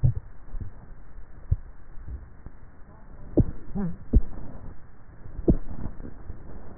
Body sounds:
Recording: swallowing sounds by neck microphone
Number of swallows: 2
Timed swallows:
0.05-0.55 s: swallow
0.95-2.05 s: swallow
From the record:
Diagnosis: dysphagia

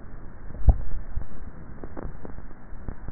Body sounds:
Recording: swallowing sounds by neck microphone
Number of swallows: 1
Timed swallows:
0.44-0.94 s: swallow
From the record:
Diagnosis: dysphagia

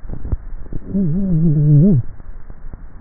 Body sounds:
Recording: swallowing sounds by neck microphone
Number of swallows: 1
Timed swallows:
0.27-0.94 s: swallow
From the record:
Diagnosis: dysphagia

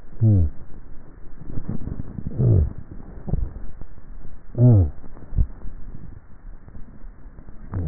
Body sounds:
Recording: swallowing sounds by neck microphone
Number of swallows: 2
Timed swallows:
3.15-3.82 s: swallow
5.32-5.82 s: swallow
From the record:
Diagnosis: dysphagia

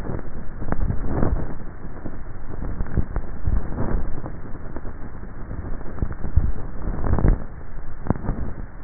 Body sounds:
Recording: swallowing sounds by neck microphone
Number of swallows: 3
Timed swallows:
0.77-1.47 s: swallow
3.37-4.13 s: swallow
6.23-7.03 s: swallow
From the record:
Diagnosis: dysphagia

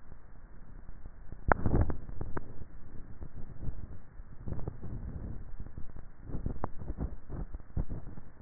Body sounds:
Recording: swallowing sounds by neck microphone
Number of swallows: 2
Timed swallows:
3.65-4.47 s: swallow
6.42-7.32 s: swallow
From the record:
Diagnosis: dysphagia

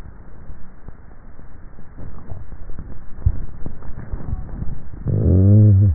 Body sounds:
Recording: swallowing sounds by neck microphone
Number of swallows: 1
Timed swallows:
1.95-2.78 s: swallow
From the record:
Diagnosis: dysphagia

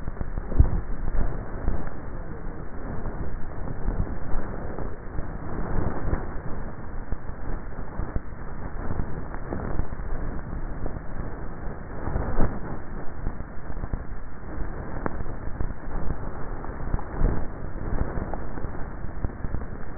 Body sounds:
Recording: swallowing sounds by neck microphone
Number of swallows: 4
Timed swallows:
0.56-1.36 s: swallow
3.86-4.49 s: swallow
10.16-10.86 s: swallow
17.16-17.92 s: swallow
From the record:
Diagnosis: dysphagia

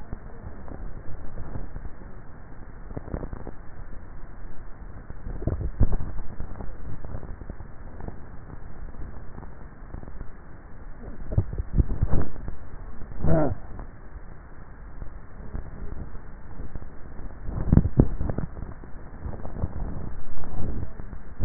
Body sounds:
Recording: swallowing sounds by neck microphone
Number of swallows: 3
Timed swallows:
5.42-6.02 s: swallow
11.32-12.25 s: swallow
17.62-18.42 s: swallow
From the record:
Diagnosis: dysphagia

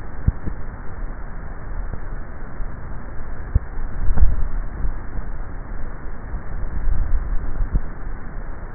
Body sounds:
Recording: swallowing sounds by neck microphone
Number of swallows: 2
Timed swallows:
3.95-4.92 s: swallow
6.78-7.62 s: swallow
From the record:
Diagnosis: dysphagia

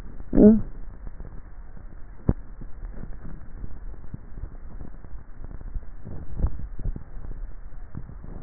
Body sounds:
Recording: swallowing sounds by neck microphone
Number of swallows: 1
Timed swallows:
6.15-6.92 s: swallow
From the record:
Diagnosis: dysphagia

